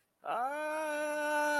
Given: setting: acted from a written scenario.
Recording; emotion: vocal sound without words; pain